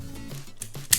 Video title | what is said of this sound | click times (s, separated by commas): JJ Prime REVIEWS: Transformers Power Of The Primes Leader Class OPTIMUS PRIME! | until it clicks into place, like so, and there you go. | 0.9 s